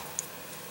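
On a 1997–2000 Mercedes-Benz W202 C-Class, during a transmission wiring harness connector leak repair, the locking part of the new transmission harness connector is pressed before the connector is installed. A short, sharp tick at 0.2 s marks it snapping and locking into place against the neighbouring piece. The rest is quiet, steady background.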